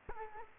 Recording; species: mosquito wingbeat signal from an infrared sensor; Culex quinquefasciatus